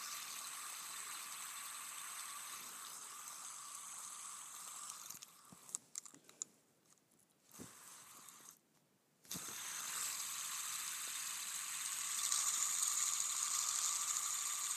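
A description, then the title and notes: A fidget spinner whirs with a steady, bright, fast-ticking buzz for about five seconds, then falters into scattered clicks and near-silence as it is handled. Around nine seconds it is spun again, returning louder and continuing evenly to the end. ASMR Spinning a Fidget Spinner.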